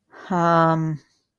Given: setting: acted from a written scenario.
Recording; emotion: vocal sound without words; neutral